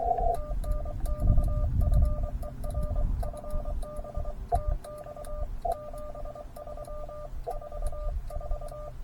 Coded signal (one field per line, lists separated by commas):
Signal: Morse code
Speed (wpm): 23 wpm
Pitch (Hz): 1200 Hz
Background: none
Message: TNX FER FB TX 73 44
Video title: POTA & CWT at Lake Colorado City: Overnight Adventure